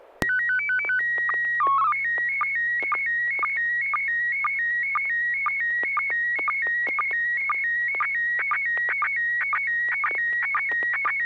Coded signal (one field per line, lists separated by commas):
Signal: SSTV (slow-scan television)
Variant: PD 120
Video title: N6NA SSTV Net - 04/09/2025